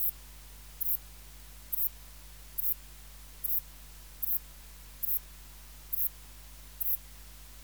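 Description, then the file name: Saddle-backed bush-cricket producing evenly spaced, sharp, high-pitched chirps, nine or ten in succession, with a quiet low drone in the background. "Ephippiger cruciger"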